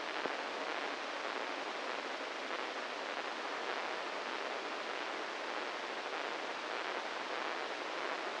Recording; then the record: brain microelectrode recording played as sound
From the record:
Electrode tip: inside the subthalamic nucleus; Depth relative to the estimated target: -1 mm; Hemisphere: right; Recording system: NeuroSet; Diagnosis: Parkinson's disease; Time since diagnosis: 15 years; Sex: male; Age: 65 years